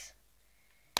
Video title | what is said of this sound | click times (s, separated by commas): HOW TO USE A BB/AIRSOFT GUN by B.B. boyy | All you need to do, pull this back until it clicks. | 1.0 s